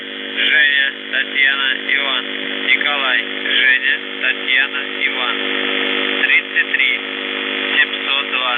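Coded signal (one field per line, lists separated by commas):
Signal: numbers station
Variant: UVB-76, Russian voice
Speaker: there were four Russian doomsday messages transmitted on the Russian buzzer, which is one of Russia's primary nuclear war frequencies. So I want to play a sample of these messages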